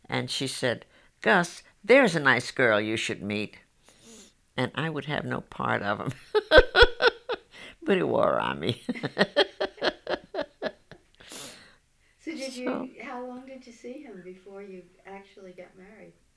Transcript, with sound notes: And she said, "Gus, there's a nice girl you should meet." And I would have no part of him. ( she laughs ) But he wore on me. ( she laughs )
Did you, how long did you see him before you actually got married?